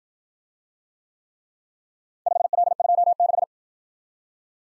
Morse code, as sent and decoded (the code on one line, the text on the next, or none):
..... .-.. ..--- -....
5L26